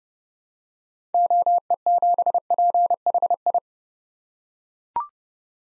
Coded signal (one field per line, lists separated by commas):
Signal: Morse code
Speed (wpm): 31 wpm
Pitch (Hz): 700 Hz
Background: none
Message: OE7PHI